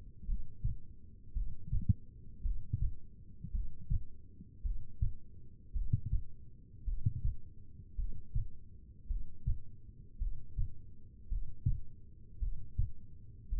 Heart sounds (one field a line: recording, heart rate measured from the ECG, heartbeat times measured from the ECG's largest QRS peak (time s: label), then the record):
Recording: heart sounds by stethoscope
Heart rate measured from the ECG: 54 bpm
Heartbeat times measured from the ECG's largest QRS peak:
0.24 s: heartbeat
1.32 s: heartbeat
2.41 s: heartbeat
3.50 s: heartbeat
4.61 s: heartbeat
5.71 s: heartbeat
6.83 s: heartbeat
7.94 s: heartbeat
9.06 s: heartbeat
10.17 s: heartbeat
11.27 s: heartbeat
12.38 s: heartbeat
13.48 s: heartbeat
From the record:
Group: heart failure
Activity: Valsalva maneuver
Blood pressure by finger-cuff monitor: 82/63 mmHg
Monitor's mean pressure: 69 mmHg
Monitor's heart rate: 54 bpm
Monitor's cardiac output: 2.4 L/min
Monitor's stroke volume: 44 mL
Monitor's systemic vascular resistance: 2050 dyn s/cm5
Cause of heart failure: non-ischemic cardiomyopathy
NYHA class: 1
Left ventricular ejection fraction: 52%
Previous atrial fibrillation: present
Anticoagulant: apixaban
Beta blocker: bisoprolol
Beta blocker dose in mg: 10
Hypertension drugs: sacubitril-valsartan, spironolactone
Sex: female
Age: 68 years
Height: 169 cm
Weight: 71 kg